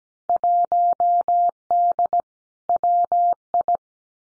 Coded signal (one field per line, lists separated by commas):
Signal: Morse code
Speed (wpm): 17 wpm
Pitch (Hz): 700 Hz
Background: none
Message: 1D WI